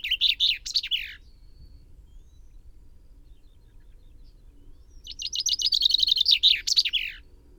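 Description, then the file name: Common chaffinch song: the tail of one phrase ends with a flourish, then after a quiet gap a full phrase of quick repeated notes closes with a terminal flourish. "Fringilla coelebs"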